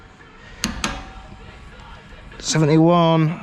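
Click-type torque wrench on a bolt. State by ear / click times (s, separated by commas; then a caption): torque reached / 0.6 s. A click-type torque wrench set to 72 Nm is pushed with a little extra pressure on a bolt until it clicks sharply at 0.6 s, followed by a second sharp click at 0.8 s. Someone then talks briefly near the end, as the wrench has reached its torque setting.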